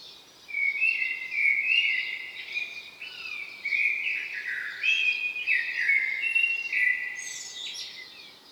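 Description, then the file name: Common blackbird singing a continuous run of warbled, fluty phrases that slide up and down, with thin high squeaky notes near the end. "Turdus merula"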